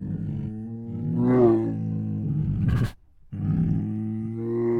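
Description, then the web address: Tiger groaning in long, low harmonic moans that swell and fade, broken by a short breathy huff and a brief gap before another deep moan. Hungry tiger; groans, huffs and moans. "Sound Ideas Tigers"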